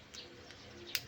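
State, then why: Seated. A battery is pushed into a DJI Osmo 360 action camera after the case is opened. Faint handling taps at about 0.2 s and 0.5 s are followed by a sharp click at 0.9 s as the battery locks into place. There is no talking in the clip.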